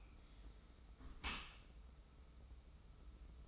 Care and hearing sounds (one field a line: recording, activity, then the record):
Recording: daily activity, microphone in the room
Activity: close dishwasher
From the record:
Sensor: 1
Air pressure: 991.3 hPa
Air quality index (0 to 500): 123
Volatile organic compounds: 243 ppm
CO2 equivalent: 4341 ppm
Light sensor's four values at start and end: 40/125/50/51 and 40/125/50/51